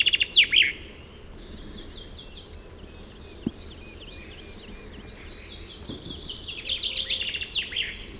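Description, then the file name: Common chaffinch song: a loud trilled phrase at the start, soft twittering in the middle, then a longer run of quick repeated notes building toward the end. "Fringilla coelebs"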